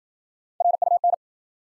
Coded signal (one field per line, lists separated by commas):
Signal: Morse code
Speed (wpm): 52 wpm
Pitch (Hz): 700 Hz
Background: none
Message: RUN